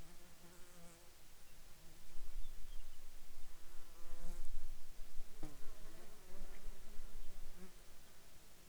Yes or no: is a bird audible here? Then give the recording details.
no. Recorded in the Arctic National Wildlife Refuge, Alaska, on 22 June 2019 at 09:53. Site 33